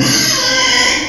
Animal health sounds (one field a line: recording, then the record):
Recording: squeal of a Yucatan mini pig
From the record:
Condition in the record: before surgery on the right vocal fold (resection and tissue-engineered implant)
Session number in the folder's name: 2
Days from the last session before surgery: 0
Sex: male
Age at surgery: 12 weeks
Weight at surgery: 13 kg